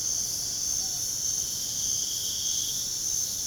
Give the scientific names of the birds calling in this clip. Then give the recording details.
Megascops choliba. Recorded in pastures near Puerto Asís, Putumayo, Colombia, on 29 June 2025 at 03:30. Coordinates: 0.497, -76.327. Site G040